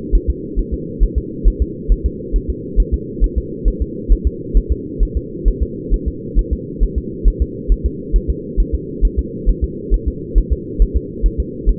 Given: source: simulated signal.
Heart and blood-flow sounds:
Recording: fetal heart sounds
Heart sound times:
0.15 s: S1
0.30 s: S2
0.59 s: S1
0.74 s: S2
1.03 s: S1
1.18 s: S2
1.48 s: S1
1.62 s: S2
1.92 s: S1
2.06 s: S2
2.36 s: S1
2.50 s: S2
2.80 s: S1
2.94 s: S2
3.24 s: S1
3.38 s: S2
3.68 s: S1
3.82 s: S2
4.12 s: S1
4.27 s: S2
4.57 s: S1
4.72 s: S2
5.03 s: S1
5.17 s: S2
5.48 s: S1
5.63 s: S2
5.94 s: S1
6.08 s: S2
6.39 s: S1
6.53 s: S2
6.83 s: S1
6.98 s: S2
7.28 s: S1
7.42 s: S2
7.72 s: S1
7.86 s: S2
8.16 s: S1
8.30 s: S2
8.60 s: S1
8.75 s: S2
9.05 s: S1
9.19 s: S2
9.49 s: S1
9.64 s: S2
9.94 s: S1
10.08 s: S2
10.38 s: S1
10.53 s: S2
10.82 s: S1
10.96 s: S2
11.26 s: S1
11.40 s: S2
11.69 s: S1
From the record:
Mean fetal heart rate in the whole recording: 135 bpm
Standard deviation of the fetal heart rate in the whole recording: 3 bpm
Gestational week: 36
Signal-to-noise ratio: -4.1 dB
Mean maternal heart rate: no maternal heart sound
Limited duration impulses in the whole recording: absent

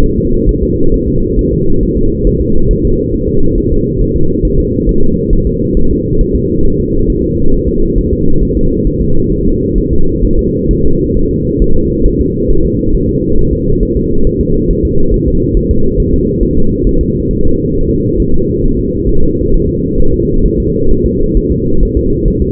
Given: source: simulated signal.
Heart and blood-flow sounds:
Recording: fetal heart sounds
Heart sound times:
0.04 s: S1
0.18 s: S2
0.49 s: S1
0.63 s: S2
0.94 s: S1
1.08 s: S2
1.39 s: S1
1.53 s: S2
1.83 s: S1
1.98 s: S2
2.27 s: S1
2.42 s: S2
2.71 s: S1
2.85 s: S2
3.14 s: S1
3.29 s: S2
3.58 s: S1
3.72 s: S2
4.01 s: S1
4.16 s: S2
4.45 s: S1
4.59 s: S2
4.89 s: S1
5.03 s: S2
5.33 s: S1
5.47 s: S2
5.77 s: S1
5.91 s: S2
6.21 s: S1
6.36 s: S2
6.66 s: S1
6.80 s: S2
7.10 s: S1
7.24 s: S2
7.54 s: S1
7.68 s: S2
7.98 s: S1
8.13 s: S2
8.43 s: S1
8.57 s: S2
8.87 s: S1
9.02 s: S2
9.32 s: S1
9.47 s: S2
9.78 s: S1
9.93 s: S2
10.25 s: S1
10.39 s: S2
10.71 s: S1
10.85 s: S2
11.17 s: S1
11.31 s: S2
11.62 s: S1
11.76 s: S2
12.06 s: S1
12.21 s: S2
12.50 s: S1
12.65 s: S2
12.95 s: S1
13.09 s: S2
13.39 s: S1
13.53 s: S2
13.83 s: S1
13.97 s: S2
14.27 s: S1
14.41 s: S2
14.71 s: S1
14.85 s: S2
15.14 s: S1
15.28 s: S2
15.57 s: S1
15.71 s: S2
16.00 s: S1
16.14 s: S2
16.43 s: S1
16.57 s: S2
16.87 s: S1
17.01 s: S2
17.31 s: S1
17.45 s: S2
17.75 s: S1
17.89 s: S2
18.20 s: S1
18.34 s: S2
18.64 s: S1
18.79 s: S2
19.09 s: S1
19.24 s: S2
19.54 s: S1
19.69 s: S2
20.00 s: S1
20.14 s: S2
20.45 s: S1
20.60 s: S2
20.91 s: S1
21.06 s: S2
21.37 s: S1
21.52 s: S2
21.83 s: S1
21.97 s: S2
22.28 s: S1
22.42 s: S2
From the record:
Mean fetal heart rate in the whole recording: 135 bpm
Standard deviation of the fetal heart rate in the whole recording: 3 bpm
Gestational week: 36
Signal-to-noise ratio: -19.1 dB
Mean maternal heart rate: 72 bpm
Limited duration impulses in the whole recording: present

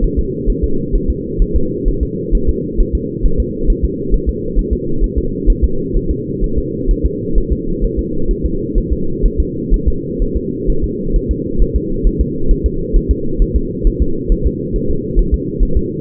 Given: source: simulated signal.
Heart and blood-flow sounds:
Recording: fetal heart sounds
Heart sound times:
0.04 s: S1
0.19 s: S2
0.50 s: S1
0.64 s: S2
0.95 s: S1
1.10 s: S2
1.42 s: S1
1.56 s: S2
1.88 s: S1
2.03 s: S2
2.35 s: S1
2.49 s: S2
2.80 s: S1
2.95 s: S2
3.25 s: S1
3.40 s: S2
3.70 s: S1
3.85 s: S2
4.14 s: S1
4.29 s: S2
4.59 s: S1
4.73 s: S2
5.04 s: S1
5.18 s: S2
5.50 s: S1
5.64 s: S2
5.96 s: S1
6.11 s: S2
6.44 s: S1
6.58 s: S2
6.91 s: S1
7.06 s: S2
7.38 s: S1
7.52 s: S2
7.84 s: S1
7.99 s: S2
8.31 s: S1
8.46 s: S2
8.78 s: S1
8.93 s: S2
9.25 s: S1
9.40 s: S2
9.74 s: S1
9.88 s: S2
10.22 s: S1
10.37 s: S2
10.70 s: S1
10.84 s: S2
11.16 s: S1
11.31 s: S2
11.62 s: S1
11.76 s: S2
12.07 s: S1
12.21 s: S2
12.51 s: S1
12.66 s: S2
12.96 s: S1
13.11 s: S2
13.42 s: S1
13.56 s: S2
13.87 s: S1
14.02 s: S2
14.32 s: S1
14.47 s: S2
14.76 s: S1
14.91 s: S2
15.19 s: S1
15.34 s: S2
15.63 s: S1
15.77 s: S2
From the record:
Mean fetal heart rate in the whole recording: 130 bpm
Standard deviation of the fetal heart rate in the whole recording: 4 bpm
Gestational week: 38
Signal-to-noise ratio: -8.1 dB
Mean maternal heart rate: 72 bpm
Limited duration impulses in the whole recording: absent

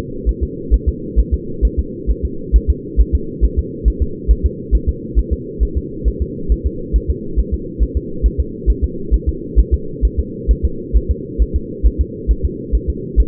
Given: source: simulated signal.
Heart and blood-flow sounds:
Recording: fetal heart sounds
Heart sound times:
0.29 s: S1
0.43 s: S2
0.74 s: S1
0.88 s: S2
1.20 s: S1
1.34 s: S2
1.65 s: S1
1.79 s: S2
2.10 s: S1
2.25 s: S2
2.56 s: S1
2.70 s: S2
3.00 s: S1
3.15 s: S2
3.45 s: S1
3.59 s: S2
3.88 s: S1
4.02 s: S2
4.31 s: S1
4.46 s: S2
4.75 s: S1
4.89 s: S2
5.19 s: S1
5.33 s: S2
5.63 s: S1
5.77 s: S2
6.08 s: S1
6.22 s: S2
6.52 s: S1
6.66 s: S2
6.96 s: S1
7.10 s: S2
7.39 s: S1
7.54 s: S2
7.83 s: S1
7.97 s: S2
8.26 s: S1
8.40 s: S2
8.70 s: S1
8.84 s: S2
9.14 s: S1
9.29 s: S2
9.59 s: S1
9.74 s: S2
10.05 s: S1
10.20 s: S2
10.51 s: S1
10.65 s: S2
10.96 s: S1
11.11 s: S2
11.42 s: S1
11.56 s: S2
11.87 s: S1
12.01 s: S2
12.31 s: S1
12.45 s: S2
12.75 s: S1
12.90 s: S2
13.20 s: S1
From the record:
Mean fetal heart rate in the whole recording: 135 bpm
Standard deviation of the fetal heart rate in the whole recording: 3 bpm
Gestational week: 34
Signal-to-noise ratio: -4.3 dB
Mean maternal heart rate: 72 bpm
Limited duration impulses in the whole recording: absent

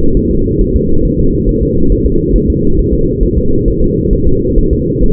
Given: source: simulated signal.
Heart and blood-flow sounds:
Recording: fetal heart sounds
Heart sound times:
0.17 s: S1
0.31 s: S2
0.61 s: S1
0.76 s: S2
1.05 s: S1
1.20 s: S2
1.49 s: S1
1.63 s: S2
1.92 s: S1
2.06 s: S2
2.36 s: S1
2.50 s: S2
2.79 s: S1
2.93 s: S2
3.23 s: S1
3.38 s: S2
3.68 s: S1
3.82 s: S2
4.13 s: S1
4.27 s: S2
4.58 s: S1
4.73 s: S2
5.03 s: S1
From the record:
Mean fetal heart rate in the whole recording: 135 bpm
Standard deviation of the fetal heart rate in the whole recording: 3 bpm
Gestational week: 36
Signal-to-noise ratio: -17.7 dB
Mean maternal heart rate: 72 bpm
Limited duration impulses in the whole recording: present

